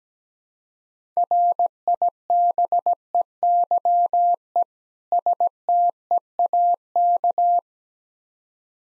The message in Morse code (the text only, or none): RIBEYE STEAK